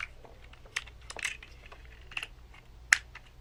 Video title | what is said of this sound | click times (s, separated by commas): Restoring the Explosive Fun of a TOMY Hit And Missile Game! | And these just snap into place. Like | 0.8 s, 2.9 s